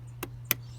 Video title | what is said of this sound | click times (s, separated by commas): How to change Mercedes Benz spark plugs | Just push the back clip and then make sure it locks in place. | 0.2 s, 0.5 s